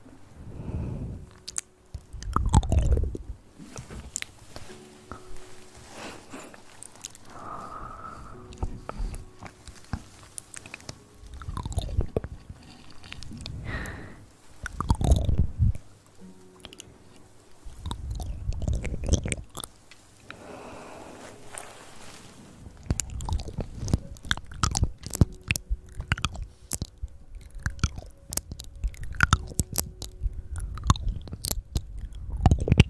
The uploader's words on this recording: ASMR Hand Sounds & Movements, Mouth Sounds.